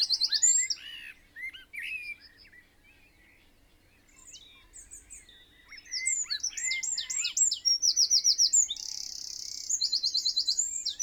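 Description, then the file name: Eurasian wren singing: a brief burst of high notes, then a quieter stretch with soft calls, then a loud fast run of trills and ringing notes. "Troglodytes troglodytes"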